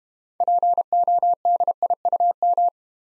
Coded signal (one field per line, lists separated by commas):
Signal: Morse code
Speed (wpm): 32 wpm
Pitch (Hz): 700 Hz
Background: none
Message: PODIUM